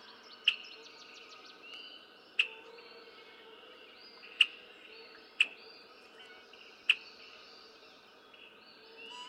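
Red-winged blackbird chips: a few sharp clicking notes spaced one to two seconds apart, over faint background whistles and hiss.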